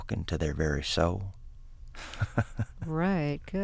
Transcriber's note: soundbite of laughter